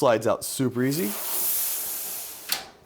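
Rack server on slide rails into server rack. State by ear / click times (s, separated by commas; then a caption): seated / 2.5 s. Someone talks, then a long hissing slide is heard as an R630 rack-mounted server on sliding rails is pushed back into the metal rack. A short, sharp click at 2.5 s marks the rail latch catching, and the server is locked into place.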